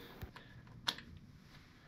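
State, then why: Torque reached. A torque wrench tightens the drain plug into a motorcycle's primary chaincase to a setting of 14 to 21 ft-lb. Faint ticks and small knocks come before a sharp, short click at 0.9 s, which is the wrench releasing at its setting. A few softer taps follow.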